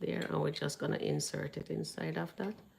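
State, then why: Not seated. A plastic miniature furniture piece from a miniature-house kit is handled and lined up to be inserted into a small groove in the kit while someone talks throughout. No click is heard and nothing has seated yet.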